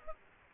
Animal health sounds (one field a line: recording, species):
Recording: mosquito wingbeat signal from an infrared sensor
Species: Aedes aegypti